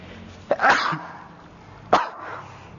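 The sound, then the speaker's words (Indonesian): Two sharp, explosive sneezes, the first followed by a short breathy tail, the second a brief burst about a second and a half later, with a quiet background and no talking. “Alhamdulillah. Yahdikumullah.”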